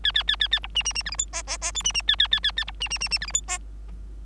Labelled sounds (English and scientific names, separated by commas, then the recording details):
Bengalese Finch (Lonchura striata domestica) song
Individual Bird3